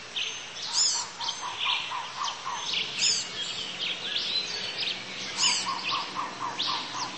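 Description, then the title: Bird song of quick repeated notes in strings of five or six, mixed with higher sweeping chirps, heard over constant noisy background hiss. "LuckyPassaro Completos2Sama"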